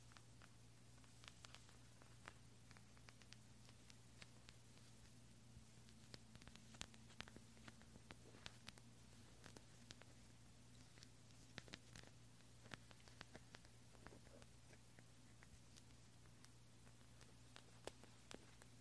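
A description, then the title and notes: Gentle, clicky and crackly sounds: sharp little ticks and pops scatter throughout, fast and irregular, some slightly louder than others. Underneath runs a steady low hum with a faint soft hiss, unchanging from start to finish. Assorted Gentle Sounds .. Silent . Clicky . Sticky . Soapy.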